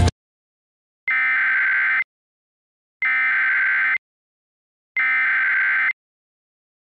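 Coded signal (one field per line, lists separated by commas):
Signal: Emergency Alert System (SAME) tones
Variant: header bursts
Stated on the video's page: Recreated EAS alert with valid tones from Sage Digital equipment.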